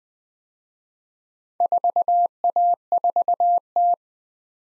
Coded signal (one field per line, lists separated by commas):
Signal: Morse code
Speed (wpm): 20 wpm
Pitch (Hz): 700 Hz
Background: none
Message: 4A4T